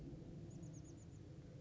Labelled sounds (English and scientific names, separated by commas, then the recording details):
Chestnut-backed Chickadee (Poecile rufescens)
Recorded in Sonoma County, California